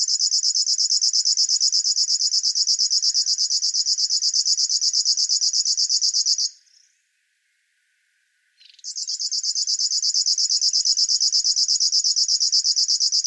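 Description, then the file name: River warbler song: a long, steady, insect-like pulsing buzz that stops for about two seconds midway, then starts up again. "Schlagschwirl - Locustella fluviatilis"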